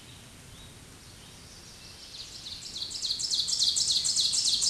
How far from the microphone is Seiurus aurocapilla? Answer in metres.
about 15 m